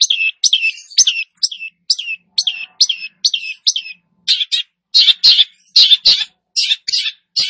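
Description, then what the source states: Long-tailed Shrike: a steady series of short whistled downslurred notes, then harsher, denser chattering phrases. Bird described as "gacor", Indonesian term for a bird singing vigorously and continuously.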